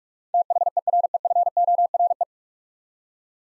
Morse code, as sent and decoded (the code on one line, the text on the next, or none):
- .... . .-. . ..-. --- .-. .
THEREFORE